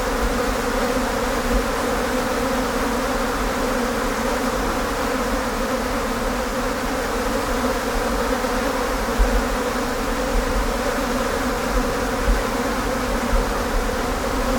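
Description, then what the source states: Blowflies droning together, an unbroken layered buzz with a steady low rumble beneath. Several blowflies.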